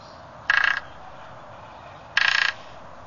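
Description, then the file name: Japanese pygmy woodpecker uttering two brief, rasping, pulsed buzzy calls roughly one and a half seconds apart against a constant low hiss. "kogera"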